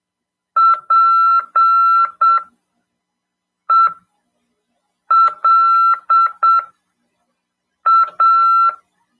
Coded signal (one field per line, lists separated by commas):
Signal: Morse code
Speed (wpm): 7 wpm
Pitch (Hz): 1340 Hz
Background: none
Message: PELA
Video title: RADIOAMADOR 2ªEd. 7/12/2022 "AULA 41: CW, LEGIS, e C.RODADA" FM 146.410 Mhz PY2EXU PAULO CRASP/RAF.